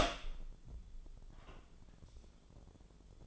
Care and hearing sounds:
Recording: daily activity, microphone in the room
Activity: open door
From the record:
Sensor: 5

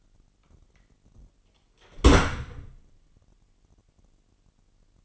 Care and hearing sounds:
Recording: daily activity, microphone in the room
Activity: close door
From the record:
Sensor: 4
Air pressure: 999.2 hPa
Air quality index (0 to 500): 117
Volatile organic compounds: 2 ppm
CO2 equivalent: 1151 ppm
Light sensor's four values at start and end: 12/32/12/14 and 12/29/11/12

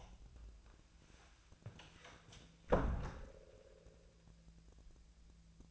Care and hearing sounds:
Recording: daily activity, microphone in the room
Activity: close door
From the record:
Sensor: 2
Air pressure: 1000.2 hPa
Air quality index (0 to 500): 166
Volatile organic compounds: 3 ppm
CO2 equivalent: 1385 ppm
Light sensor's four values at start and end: 11/26/11/12 and 11/26/11/12

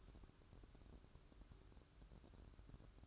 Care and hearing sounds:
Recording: daily activity, microphone in the room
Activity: take from stove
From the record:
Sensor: 2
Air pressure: 1008.0 hPa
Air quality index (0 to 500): 108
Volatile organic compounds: 1 ppm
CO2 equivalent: 811 ppm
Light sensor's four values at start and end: 6/15/6/6 and 6/15/6/6

